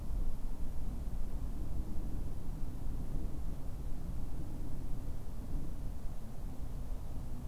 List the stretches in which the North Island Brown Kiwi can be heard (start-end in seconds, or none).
none